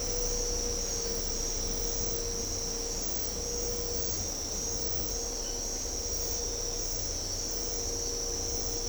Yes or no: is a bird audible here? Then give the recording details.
no. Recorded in secondary vegetation near Puerto Asís, Putumayo, Colombia, on 16 December 2024 at 01:00. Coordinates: 0.500, -76.326. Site G065